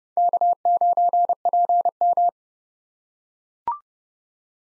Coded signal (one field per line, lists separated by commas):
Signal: Morse code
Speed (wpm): 30 wpm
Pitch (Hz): 700 Hz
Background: none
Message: K9PM